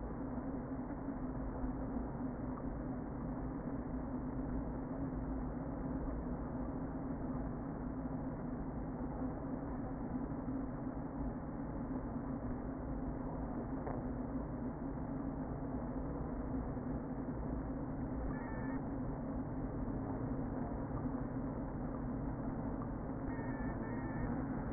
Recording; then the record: honeybee colony, microphone inside the hive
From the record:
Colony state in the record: queen present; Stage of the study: before two queens were removed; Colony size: about 60,000 bees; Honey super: yes